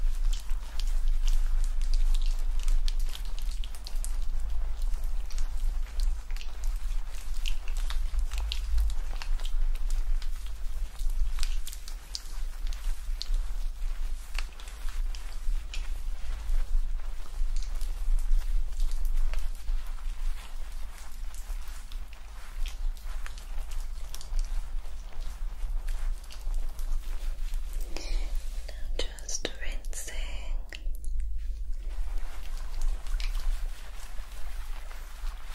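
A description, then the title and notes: Scalp massage and hair washing make a dense, steady crackle of tiny wet clicks over a low hum, with a louder swishing rush near 29 seconds. ASMR Calming Hair Play Treatment Roleplay scalp massage, hair wash & hair brushing.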